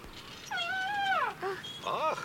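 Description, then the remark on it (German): A baby elephant calls for its mother with a long, wavering, high-pitched squeal, followed by two shorter cries, with no talking. “Oh, ja süß, der kleine Elefant, der schreit sicher nach seiner Mutter.”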